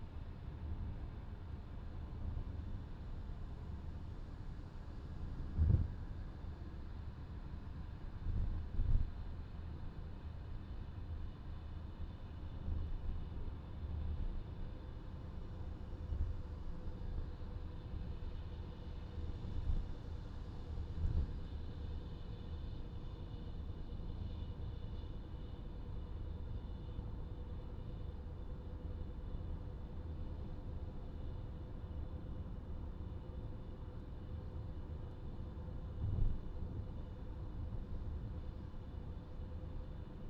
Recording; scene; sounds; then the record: everyday scene through a hearing-aid microphone; in a vehicle; engine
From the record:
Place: VW T5 Caravelle, diesel engine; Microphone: in the ear canal, left